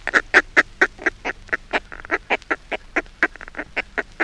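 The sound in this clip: Northern fulmar cackling call, a fast run of harsh, guttural clucks, about five per second, centred in the mid range and steady throughout.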